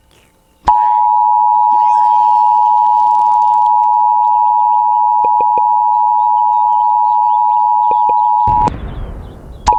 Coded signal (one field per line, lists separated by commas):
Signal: Emergency Alert System (SAME) tones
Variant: 853 and 960 Hz attention tone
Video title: (EAS #2) Central California FLASH FLOOD WARNING on KALT-FM